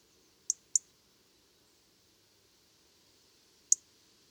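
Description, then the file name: European robin tick calls, two quick dry clicks, then a pause of about three seconds before a single click. "Erithacus rubecula"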